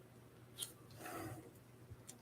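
A plastic brick piece, likely one of the danglers, is handled and pressed onto a plastic brick droid model, producing small rubbing and contact sounds, with brief taps near 0.6 s and 2.1 s. Nothing has seated or clicked yet; the piece is not yet home when the clip ends.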